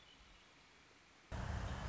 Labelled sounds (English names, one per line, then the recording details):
Red-winged Blackbird
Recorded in Sonoma County, California